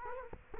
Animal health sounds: mosquito wingbeat signal from an infrared sensor; Culex quinquefasciatus

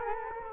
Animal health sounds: mosquito wingbeat signal from an infrared sensor; Culex quinquefasciatus

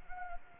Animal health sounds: mosquito wingbeat signal from an infrared sensor; Anopheles gambiae

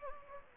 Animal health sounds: mosquito wingbeat signal from an infrared sensor; Anopheles gambiae

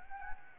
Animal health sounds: mosquito wingbeat signal from an infrared sensor; Anopheles arabiensis

